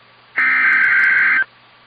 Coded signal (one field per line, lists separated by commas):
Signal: Emergency Alert System (SAME) tones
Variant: header bursts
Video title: Tornado Watch #65 on KIH54 (EAS #146)